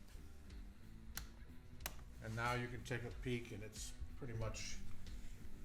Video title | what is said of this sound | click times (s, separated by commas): How to install the LJE Products WhiteOut snowmobile accessory light kit on Axys - LJE Products | and just press it in place until it snaps in you'll feel it snap in | 1.2 s, 1.9 s